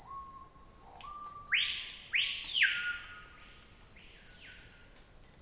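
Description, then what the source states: Screaming piha, a low introductory whistle then two powerful whistled notes sweeping up and down, followed by a softer repeat, amid continuous high insect buzzing. Wild birds in the Amazon Basin rainforest, area of dense canopy but sparse undergrowth, on a calm afternoon, calling amid an insect and frog chorus.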